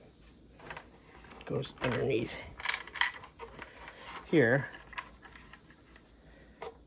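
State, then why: Seated. A small plastic accessory is fitted underneath a part of a GI Joe Classified Vamp vehicle toy and pushed home, with light plastic handling clicks and taps while someone talks. It pops into place with a sharp click at 6.6 s.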